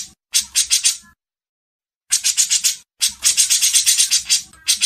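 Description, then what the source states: Grey-cheeked bulbul giving harsh, buzzy chattering bursts, rapid pulses about four per second in short runs separated by brief silences. Masteran training audio.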